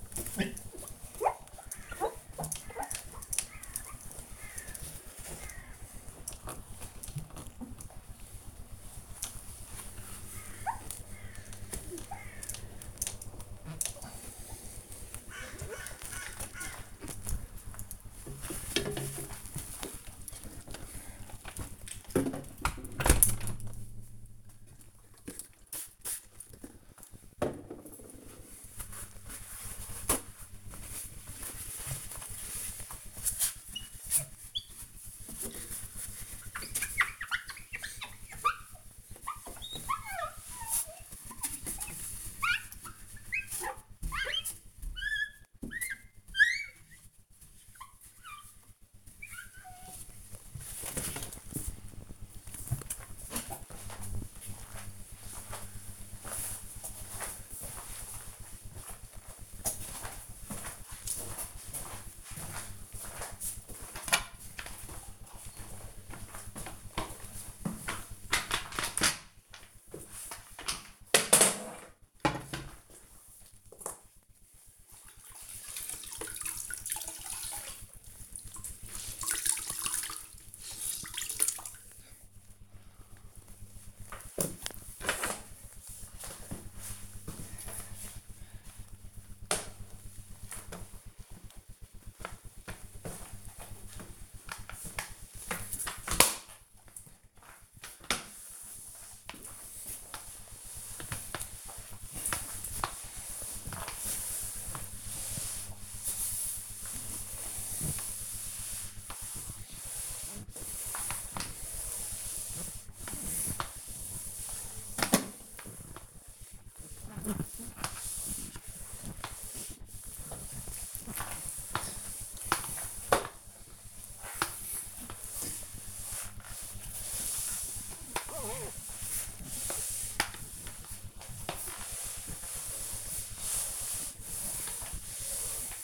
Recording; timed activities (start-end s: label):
household activities, microphone on the right wrist
0.00-52.27 s: window cleaning
63.36-135.84 s: floor cleaning